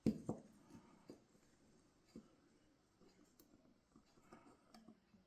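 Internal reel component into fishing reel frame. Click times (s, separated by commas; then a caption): 0.1 s. During reassembly of a vintage metal round Daiwa Millionaire 5H baitcasting reel, a small internal piece is slid over into the reel frame and locks into place with a sharp click at 0.1 s. A second softer tap follows at 0.3 s, then faint small handling taps continue. The piece is seated.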